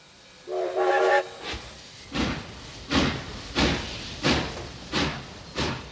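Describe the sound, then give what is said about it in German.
A steam locomotive pulling wagons full of emigrants gives a short, shrill whistle, then starts off with loud, hissing chuffs that come in a steady rhythm and gradually quicken. “Wenn die Eisenbahnwaggons voll sind, fahren sie los.”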